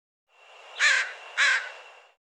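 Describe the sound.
Bird giving two harsh, cawing calls about half a second apart, each loud and rasping, over a faint steady background hiss.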